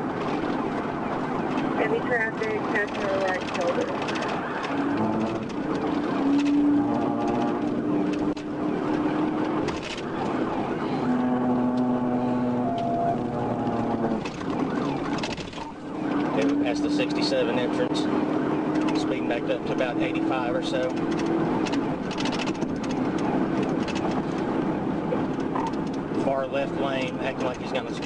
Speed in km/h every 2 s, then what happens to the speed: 132, 116, 119, 135, 135, 132, 121, 121, 129, 140, 148, 153, 158, 159.
0-2 brakes to 116. 2-7 speeds up to 135. 7-14 slows to 121. 14-28 speeds up to 159.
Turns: none.